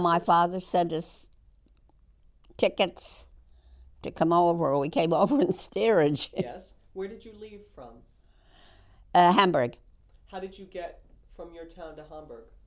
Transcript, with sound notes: My father sent us tickets to come over. We came over in steerage. ( she laughs )
Yes. Where did you leave from?
Uh, Hamburg.
How did you get from your town to Hamburg?